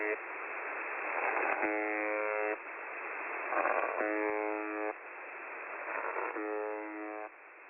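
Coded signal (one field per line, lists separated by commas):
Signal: channel marker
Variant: UVB-76 (The Buzzer)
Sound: three harsh one-second buzzes, evenly spaced, over steady hissing static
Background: radio static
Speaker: the buzzing then resumed with a mident shortly after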